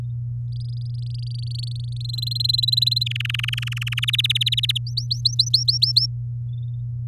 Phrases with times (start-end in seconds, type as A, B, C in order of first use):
0.52-2.06 A, 2.09-3.04 B, 3.06-4.05 C, 4.08-4.78 D, 4.87-6.06 E